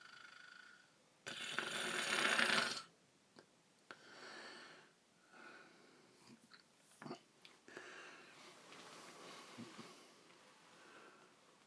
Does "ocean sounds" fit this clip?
no